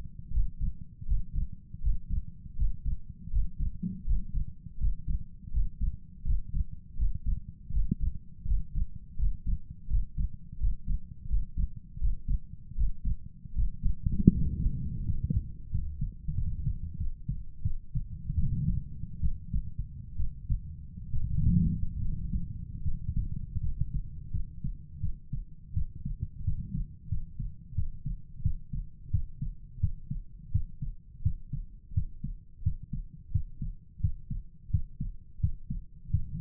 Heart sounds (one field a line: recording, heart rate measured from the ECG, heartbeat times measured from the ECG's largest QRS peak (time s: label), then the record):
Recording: heart sounds by stethoscope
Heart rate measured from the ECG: 82 bpm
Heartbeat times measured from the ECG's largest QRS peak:
0.31 s: heartbeat
1.06 s: heartbeat
1.81 s: heartbeat
2.56 s: heartbeat
3.30 s: heartbeat
4.05 s: heartbeat
4.78 s: heartbeat
5.51 s: heartbeat
6.24 s: heartbeat
6.96 s: heartbeat
7.71 s: heartbeat
8.45 s: heartbeat
9.17 s: heartbeat
9.88 s: heartbeat
10.58 s: heartbeat
11.28 s: heartbeat
11.99 s: heartbeat
12.75 s: heartbeat
13.53 s: heartbeat
14.32 s: heartbeat
15.04 s: heartbeat
15.70 s: heartbeat
16.34 s: heartbeat
16.97 s: heartbeat
17.62 s: heartbeat
18.35 s: heartbeat
19.20 s: heartbeat
20.16 s: heartbeat
21.12 s: heartbeat
22.00 s: heartbeat
22.83 s: heartbeat
23.60 s: heartbeat
24.31 s: heartbeat
25.01 s: heartbeat
25.74 s: heartbeat
26.44 s: heartbeat
27.09 s: heartbeat
27.75 s: heartbeat
28.42 s: heartbeat
29.11 s: heartbeat
29.80 s: heartbeat
30.52 s: heartbeat
31.22 s: heartbeat
31.94 s: heartbeat
32.63 s: heartbeat
33.31 s: heartbeat
34.00 s: heartbeat
34.70 s: heartbeat
35.40 s: heartbeat
36.10 s: heartbeat
From the record:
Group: healthy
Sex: male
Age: 35 years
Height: 178 cm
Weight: 64 kg